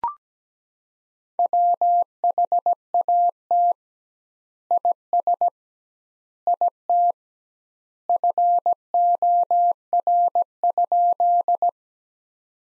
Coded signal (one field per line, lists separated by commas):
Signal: Morse code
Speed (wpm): 17 wpm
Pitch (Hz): 700 Hz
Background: none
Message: WHAT IS IT FOR?